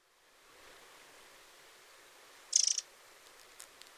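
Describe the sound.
Eurasian wren producing a single short, high, buzzy rattle of rapid ticks late, followed by a couple of faint clicks over soft hiss.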